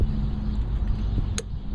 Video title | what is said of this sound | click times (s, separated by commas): Fuel filter replacement on a 2005 Ford Ranger ☆ | makes a nice clicking sound that's nice | 1.4 s